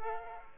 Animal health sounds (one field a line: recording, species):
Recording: mosquito wingbeat signal from an infrared sensor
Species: Aedes aegypti